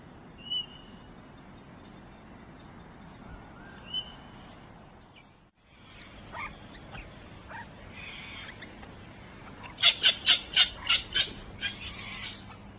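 Australian king parrot calls: a couple of thin, high whistled notes early on, then a quick burst of about six loud, harsh repeated notes near the end over steady background hiss.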